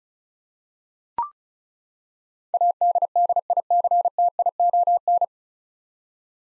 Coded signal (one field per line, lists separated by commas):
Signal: Morse code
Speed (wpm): 34 wpm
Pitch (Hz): 700 Hz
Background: none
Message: ADDICTION